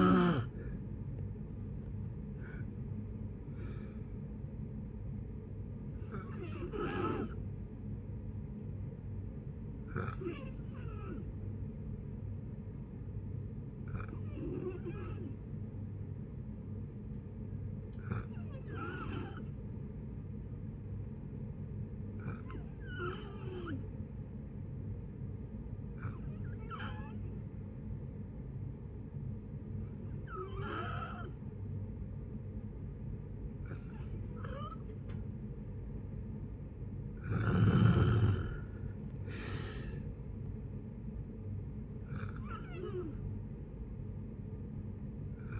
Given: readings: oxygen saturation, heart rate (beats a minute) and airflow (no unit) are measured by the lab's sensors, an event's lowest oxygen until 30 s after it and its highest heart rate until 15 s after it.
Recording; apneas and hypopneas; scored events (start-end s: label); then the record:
breathing in sleep by a smartphone at the bedside; 1
16.00-36.70 s: hypopnea (N2, oxygen 94% highest, then 89% lowest, heart rate 58 at the start, 69 highest)
From the record:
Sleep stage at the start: N2 (light sleep); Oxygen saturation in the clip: 89 to 94%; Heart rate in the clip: 57 to 74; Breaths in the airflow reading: 10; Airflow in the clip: -7.3 to 9.4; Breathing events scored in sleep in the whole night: 496 in 5.4 hours asleep